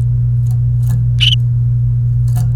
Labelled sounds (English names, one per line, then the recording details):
Domestic Canary song
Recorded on 28 April 2018 at 15:44
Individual llb3